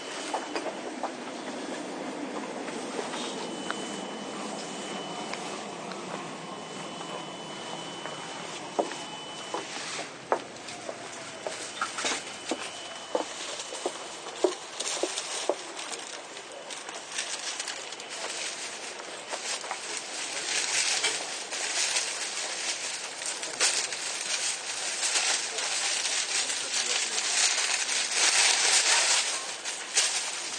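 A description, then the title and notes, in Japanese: A Toei 10-300 series train runs with a steady hiss and rumble, a thin high tone and a gliding whine heard early on. From about ten seconds, sharp clicks and knocks come often, and the noise grows louder and brighter toward the end. 都営10-300形(3次車) 新線新宿〜高尾山口。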